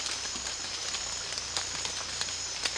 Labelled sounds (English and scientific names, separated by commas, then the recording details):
none
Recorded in secondary vegetation near Puerto Asís, Putumayo, Colombia, on 19 June 2025 at 16:30
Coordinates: 0.485, -76.322
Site GP06